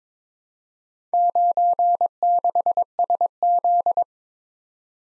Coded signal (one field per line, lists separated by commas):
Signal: Morse code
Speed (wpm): 22 wpm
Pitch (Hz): 700 Hz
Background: none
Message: 96SZ